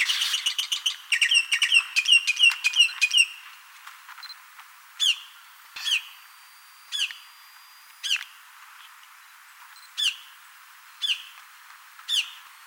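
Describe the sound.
Bird calls open with a dense run of high chirps, then clear descending notes repeated roughly every second.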